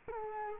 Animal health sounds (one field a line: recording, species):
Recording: mosquito wingbeat signal from an infrared sensor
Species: Culex quinquefasciatus